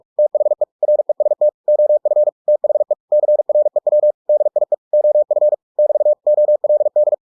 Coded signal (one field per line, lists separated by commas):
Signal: Morse code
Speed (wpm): 46 wpm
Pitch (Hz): 600 Hz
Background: none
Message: THE REST OF THE CREW DIE OF <BT> OLD